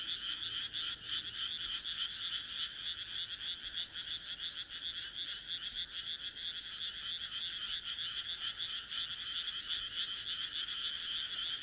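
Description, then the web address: Many frogs croaking together in a continuous shrill, rattling chorus, dense rapid pulses running without a break. "kaeru kaeru"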